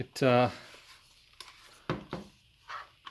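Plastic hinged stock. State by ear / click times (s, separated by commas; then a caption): not seated / none. Someone talks while handling the plastic folding stock of an Alpha King AK105 gel blaster, releasing it to fold it toward its locked position on the receiver. Short, sharp handling clacks are heard around 1.4, 1.9, 2.1 and 3.1 seconds, but the stock has not locked in place yet by the end of the clip.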